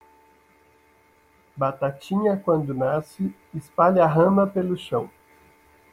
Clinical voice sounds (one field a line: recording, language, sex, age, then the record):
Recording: short text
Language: Brazilian Portuguese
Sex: male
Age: 50 to 59 years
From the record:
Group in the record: control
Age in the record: 53 years